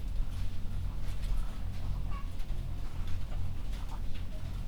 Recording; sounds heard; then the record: poultry house recording; sick chickens (respiratory disease)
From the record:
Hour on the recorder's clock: 21